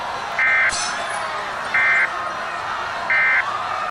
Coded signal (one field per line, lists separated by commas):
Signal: Emergency Alert System (SAME) tones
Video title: EAS Mini Scenario: Reality